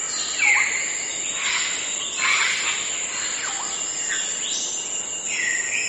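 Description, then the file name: Grey parrot calling: short harsh squawks and clipped notes, with a few downward-hooked whistles, over steady hiss. "canto do papagaio cinzento"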